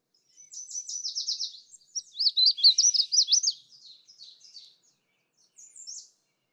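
Magnolia warbler singing a high phrase of quick slurred notes, with a softer start and a fading ending, then one brief high note near the end.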